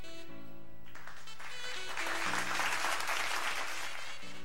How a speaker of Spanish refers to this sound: Aplausos para este evento que, en donde estuvieron presentes el embajador de esa nación, Mohamed Salem Daha, el ministro consejero Hadi Larousse y los representantes de la Sociedad de Poetas Andrés Eloy Blanco